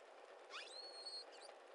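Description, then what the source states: Pilot whale whistle: a brief rising sweep, then a steady high tonal note held for about half a second, over constant background hiss. Call type 26.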